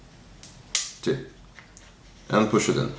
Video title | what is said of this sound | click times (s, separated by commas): PhotoKitchen: How to develop your first black and white film at home | move it here until it clicks two times one | 0.4 s, 0.8 s